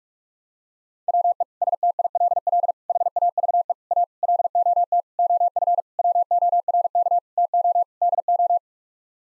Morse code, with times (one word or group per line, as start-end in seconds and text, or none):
1.1-1.4 WE
1.6-2.7 STILL
2.9-3.7 HAVE
3.9-4.0 A
4.2-5.0 LOT
5.2-5.8 OF
6.0-7.2 WORK
7.4-7.8 TO
8.0-8.6 DO